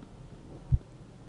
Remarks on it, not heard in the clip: Once you begin to slowly deflate the cuff, you'll listen for the first time that you hear a ticking sound. This will be your systolic blood pressure number.